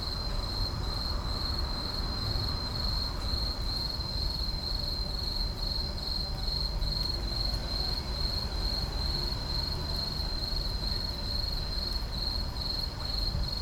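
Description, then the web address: Insects at night, a steady high-pitched continuous buzz held throughout, over a constant low rumble. Insects at night in an urban park. "boom library Urban and Suburban Urban park night insects"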